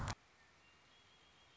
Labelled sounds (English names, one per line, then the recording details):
Red-winged Blackbird
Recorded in Sonoma County, California